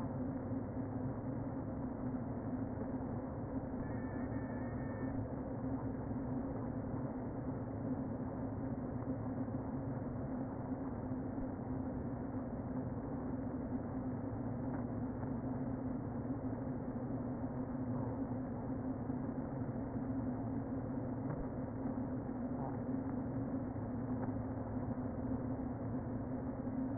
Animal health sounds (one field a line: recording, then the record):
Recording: honeybee colony, microphone inside the hive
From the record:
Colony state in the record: queen present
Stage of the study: before two queens were removed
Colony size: about 60,000 bees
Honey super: yes